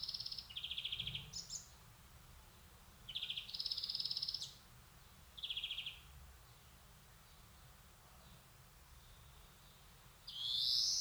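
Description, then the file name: European greenfinch with several fast rattled trills in the first half, a quiet pause, then a loud rising note at the end. "Chloris chloris"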